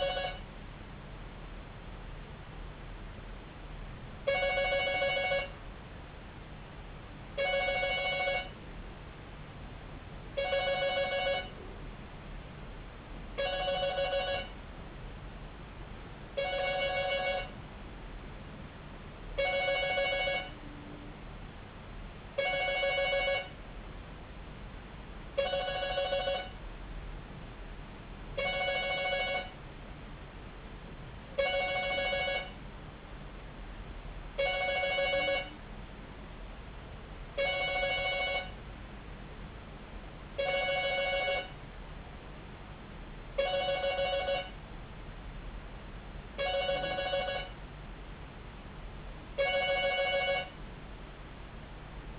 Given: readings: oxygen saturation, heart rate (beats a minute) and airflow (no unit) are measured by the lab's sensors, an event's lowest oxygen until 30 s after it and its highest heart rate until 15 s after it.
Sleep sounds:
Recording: a person awake in a sleep study, by a voice recorder at the bedside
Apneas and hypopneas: none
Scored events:
0.00-52.19 s: awake
From the record:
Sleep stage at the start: awake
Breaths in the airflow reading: 21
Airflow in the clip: -0.7 to 0.7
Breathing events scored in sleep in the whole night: 270 in 6.1 hours asleep

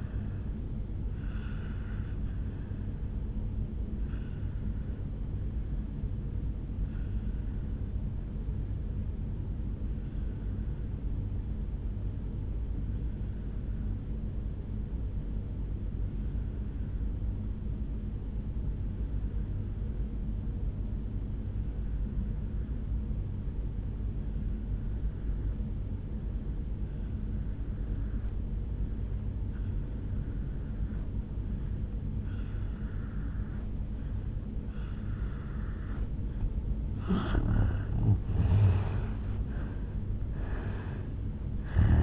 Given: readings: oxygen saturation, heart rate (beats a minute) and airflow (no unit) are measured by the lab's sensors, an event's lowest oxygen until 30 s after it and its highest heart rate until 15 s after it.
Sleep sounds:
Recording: breathing in sleep by a smartphone at the bedside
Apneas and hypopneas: 1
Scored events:
5.00-35.70 s: obstructive apnea (N1, oxygen 96% highest, then 83% lowest, heart rate 60 at the start, 76 highest)
23.00-42.03 s: new sleep stage, N2 (light sleep)
From the record:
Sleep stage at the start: N1 (lightest sleep)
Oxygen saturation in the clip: 85 to 96%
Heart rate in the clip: 55 to 74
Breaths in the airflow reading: 3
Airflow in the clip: -9.0 to 7.3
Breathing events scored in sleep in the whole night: 449 in 7.0 hours asleep

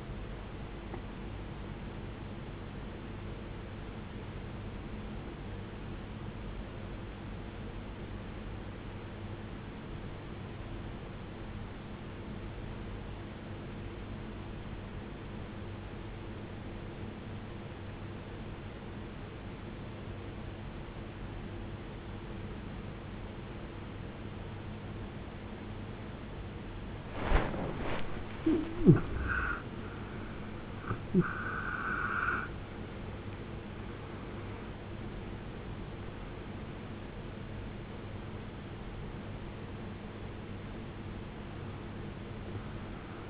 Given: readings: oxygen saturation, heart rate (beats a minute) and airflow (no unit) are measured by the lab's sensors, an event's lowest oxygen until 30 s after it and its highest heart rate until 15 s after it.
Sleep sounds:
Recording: breathing in sleep by a voice recorder at the bedside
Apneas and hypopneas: 1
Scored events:
8.00-28.30 s: obstructive apnea (N1, oxygen 93% highest, then 82% lowest, heart rate 52 at the start, 78 highest)
12.00-42.00 s: new sleep stage, N2 (light sleep)
42.00-43.30 s: new sleep stage, N1 (lightest sleep)
From the record:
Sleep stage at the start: N1 (lightest sleep)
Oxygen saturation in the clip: 80 to 93%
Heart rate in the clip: 52 to 78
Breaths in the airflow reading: 5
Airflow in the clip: -15.4 to 17.6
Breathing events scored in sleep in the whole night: 389 in 6.3 hours asleep

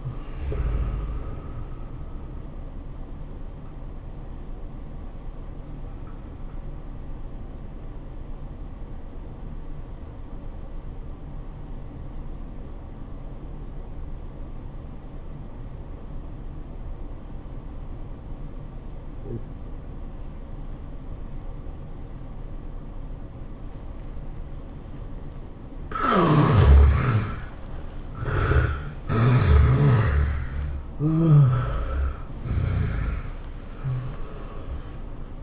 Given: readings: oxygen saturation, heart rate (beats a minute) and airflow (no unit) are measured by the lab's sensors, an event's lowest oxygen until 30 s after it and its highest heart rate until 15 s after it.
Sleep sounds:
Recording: breathing in sleep by a smartphone at the bedside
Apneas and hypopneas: 1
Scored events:
7.00-28.60 s: obstructive apnea (N1, oxygen 96% highest, then 73% lowest, heart rate 94 at the start, 111 highest)
From the record:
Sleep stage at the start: N1 (lightest sleep)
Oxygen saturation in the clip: 68 to 96%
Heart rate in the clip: 84 to 110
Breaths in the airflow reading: 3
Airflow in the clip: -15.3 to 11.8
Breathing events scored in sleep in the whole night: 403 in 5.5 hours asleep

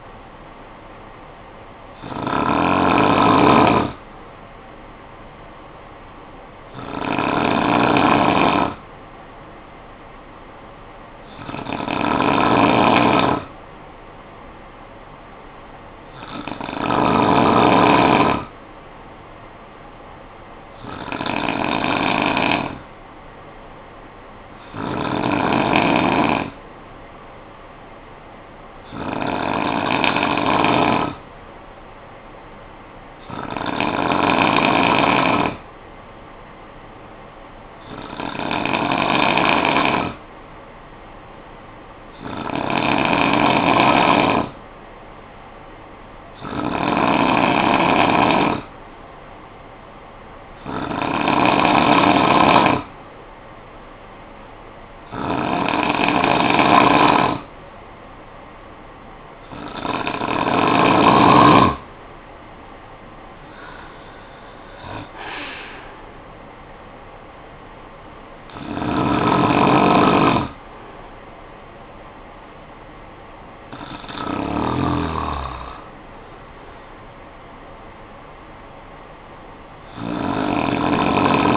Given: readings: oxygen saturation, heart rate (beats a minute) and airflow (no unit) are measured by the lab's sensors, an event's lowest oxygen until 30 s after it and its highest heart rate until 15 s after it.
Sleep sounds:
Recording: breathing in sleep by a voice recorder at the bedside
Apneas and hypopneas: 1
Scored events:
17.00-40.20 s: hypopnea (N2, oxygen 96% highest, then 89% lowest, heart rate 54 at the start, 59 highest)
From the record:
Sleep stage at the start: N2 (light sleep)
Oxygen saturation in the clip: 89 to 96%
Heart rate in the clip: 51 to 74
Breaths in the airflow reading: 17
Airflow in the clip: -17.5 to 7.9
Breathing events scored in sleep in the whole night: 445 in 7.6 hours asleep

